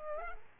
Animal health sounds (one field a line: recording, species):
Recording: mosquito wingbeat signal from an infrared sensor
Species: Culex pipiens